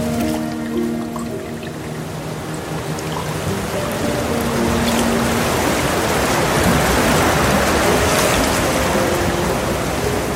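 A soft water stream runs steadily throughout, a dense trickling wash that grows a little fuller after about four seconds. Low, sustained piano notes ring under it in the first half, then fade, leaving mostly flowing water with faint drips.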